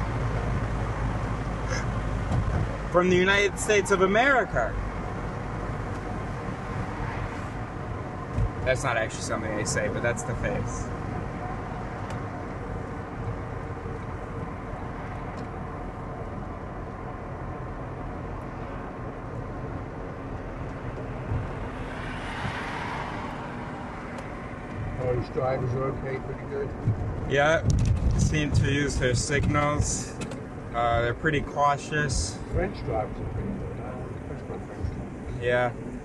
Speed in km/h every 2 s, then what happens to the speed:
62, 60, 58, 54, 54, 56, 54, 52, 52, 51, 49, 45, 43, 39, 36, 34, 32, 28.
0-6 slows to 54. 6-11 steady at about 54. 11-36 slows to 28.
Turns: none.